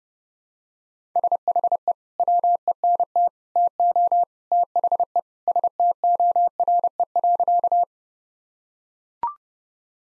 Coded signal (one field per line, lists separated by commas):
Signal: Morse code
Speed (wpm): 30 wpm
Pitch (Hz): 700 Hz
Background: none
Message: SHE WENT TO THE STORE.